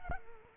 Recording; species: mosquito wingbeat signal from an infrared sensor; Culex quinquefasciatus